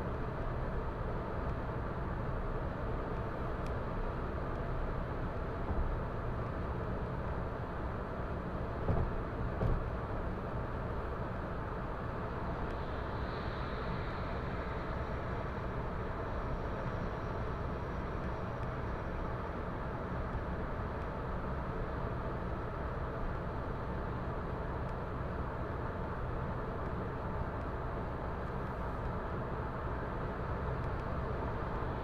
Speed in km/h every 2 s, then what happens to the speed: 115, 115, 115, 115, 115, 115, 115, 115, 115, 115, 115, 115, 114, 114, 114, 114.
0-32 steady at about 115.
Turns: none.